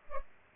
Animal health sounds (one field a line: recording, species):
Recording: mosquito wingbeat signal from an infrared sensor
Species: Culex pipiens